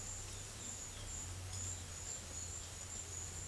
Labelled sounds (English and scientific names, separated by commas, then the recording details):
none
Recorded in secondary vegetation near Puerto Asís, Putumayo, Colombia, on 22 December 2024 at 12:00
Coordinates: 0.488, -76.319
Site GP04